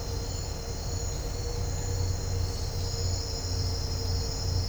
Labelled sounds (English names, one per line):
none